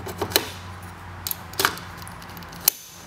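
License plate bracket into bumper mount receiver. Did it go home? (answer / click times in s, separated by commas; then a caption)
yes / 2.7 s. A Sto N Sho license plate bracket (SNS89A) for a 6th Gen Camaro with factory splitter is slid into its bumper-mounted receiver, with short clacks and rattles near 0.4, 1.3 and 1.6 s. The retaining clip locks down with a sharp, loud click at 2.7 s, and the bracket is seated.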